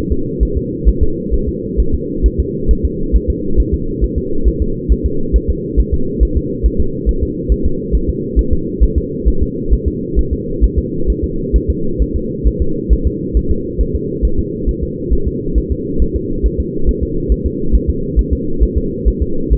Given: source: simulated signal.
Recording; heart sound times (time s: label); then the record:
fetal heart sounds
0.12 s: S2
0.43 s: S1
0.57 s: S2
0.89 s: S1
1.03 s: S2
1.34 s: S1
1.48 s: S2
1.80 s: S1
1.95 s: S2
2.26 s: S1
2.40 s: S2
2.71 s: S1
2.85 s: S2
3.16 s: S1
3.30 s: S2
3.60 s: S1
3.74 s: S2
4.04 s: S1
4.18 s: S2
4.48 s: S1
4.62 s: S2
4.92 s: S1
5.06 s: S2
5.36 s: S1
5.50 s: S2
5.80 s: S1
5.94 s: S2
6.23 s: S1
6.37 s: S2
6.66 s: S1
6.80 s: S2
7.09 s: S1
7.23 s: S2
7.52 s: S1
7.66 s: S2
7.95 s: S1
8.09 s: S2
8.39 s: S1
8.53 s: S2
8.84 s: S1
8.98 s: S2
9.28 s: S1
9.43 s: S2
9.73 s: S1
9.88 s: S2
10.19 s: S1
10.33 s: S2
10.64 s: S1
10.79 s: S2
11.10 s: S1
11.24 s: S2
11.56 s: S1
11.70 s: S2
12.02 s: S1
12.16 s: S2
12.48 s: S1
12.62 s: S2
12.93 s: S1
13.07 s: S2
13.37 s: S1
13.51 s: S2
13.81 s: S1
13.95 s: S2
14.25 s: S1
14.39 s: S2
14.69 s: S1
14.83 s: S2
15.13 s: S1
15.27 s: S2
15.58 s: S1
15.72 s: S2
16.02 s: S1
16.16 s: S2
16.46 s: S1
16.60 s: S2
16.89 s: S1
17.03 s: S2
17.32 s: S1
17.46 s: S2
17.75 s: S1
17.90 s: S2
18.19 s: S1
18.33 s: S2
18.63 s: S1
18.77 s: S2
19.08 s: S1
19.22 s: S2
19.53 s: S1
From the record:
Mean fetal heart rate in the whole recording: 135 bpm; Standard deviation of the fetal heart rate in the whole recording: 3 bpm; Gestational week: 34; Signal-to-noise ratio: -8.1 dB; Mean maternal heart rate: 72 bpm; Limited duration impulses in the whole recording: absent